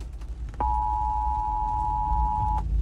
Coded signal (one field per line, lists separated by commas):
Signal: Emergency Alert System (SAME) tones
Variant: 853 and 960 Hz attention tone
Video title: Emergency Alert System